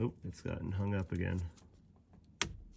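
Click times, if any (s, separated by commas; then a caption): 2.4 s. An aftermarket DSG paddle shifter pin is pushed straight into its bore in the steering wheel while someone talks, and it hangs up on the lip. A sharp click at 2.4 seconds is the pin snapping in, and it is seated.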